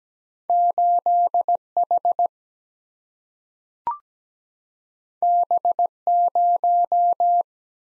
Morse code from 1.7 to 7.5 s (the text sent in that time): H B 0